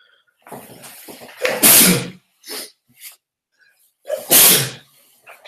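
Someone sniffles repeatedly on waking in cold weather: two loud, sharp, breathy nasal bursts with a few softer sniffs and breaths between them, with no talking.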